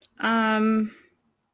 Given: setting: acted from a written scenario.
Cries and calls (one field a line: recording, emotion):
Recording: vocal sound without words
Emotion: guilt